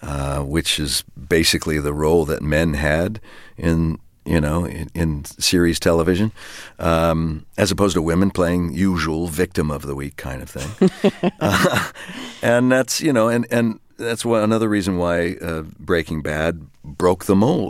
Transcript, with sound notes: which is basically the role that men had in, you know, in series television, as opposed to women playing usual victim of the week kind of thing. (LAUGHTER) And that's, you know - and that's another reason why "Breaking Bad" broke the mold.